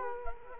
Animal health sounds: mosquito wingbeat signal from an infrared sensor; Culex quinquefasciatus

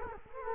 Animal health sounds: mosquito wingbeat signal from an infrared sensor; Culex quinquefasciatus

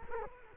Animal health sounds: mosquito wingbeat signal from an infrared sensor; Culex quinquefasciatus

